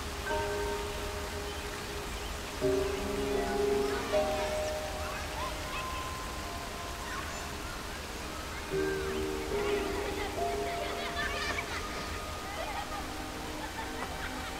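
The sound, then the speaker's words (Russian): A steady wash of rushing water from a waterfall covering the entrance to a cave runs throughout beneath soft sustained musical tones that swell slightly in a few places. “Маг и мудрость смотрят на водопад, который закрывает вход в пещеру.”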